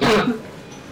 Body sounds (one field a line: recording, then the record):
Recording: coughing mixed with background sound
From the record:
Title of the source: Barking cough - # 10